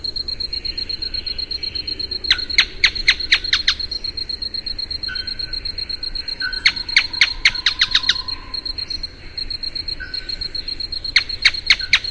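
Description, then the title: Canebrake Groundcreeper calling in three separate runs of sharp, scratchy notes delivered rapidly, over a continuous high-pitched insect drone. "LuckyPassaro Completos2Sama. Canebrake Groundcreeper (Clibanornis dendrocolaptoides)"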